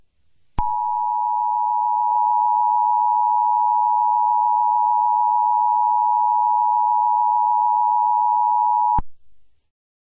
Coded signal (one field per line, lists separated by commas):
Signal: Emergency Alert System (SAME) tones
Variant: 853 and 960 Hz attention tone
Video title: EAS Scenario 10: Fall guys invasion